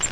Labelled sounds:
Grace's Warbler (Setophaga graciae) flight call

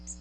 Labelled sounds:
Magnolia Warbler (Setophaga magnolia) flight call

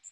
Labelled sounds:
Magnolia Warbler (Setophaga magnolia) flight call

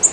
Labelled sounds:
Black-throated Green Warbler (Setophaga virens) flight call

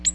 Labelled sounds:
Ovenbird (Seiurus aurocapilla) flight call

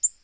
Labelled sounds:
Black-throated Green Warbler (Setophaga virens) flight call

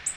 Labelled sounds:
Black-throated Blue Warbler (Setophaga caerulescens) flight call

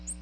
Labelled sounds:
Ovenbird (Seiurus aurocapilla) flight call

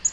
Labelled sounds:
Black-throated Green Warbler (Setophaga virens) flight call

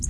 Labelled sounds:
Red-faced Warbler (Cardellina rubrifrons) flight call

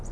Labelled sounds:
Red-faced Warbler (Cardellina rubrifrons) flight call

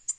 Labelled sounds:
Black-throated Green Warbler (Setophaga virens) flight call

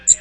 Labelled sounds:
Magnolia Warbler (Setophaga magnolia) flight call

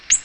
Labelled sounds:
Ovenbird (Seiurus aurocapilla) flight call

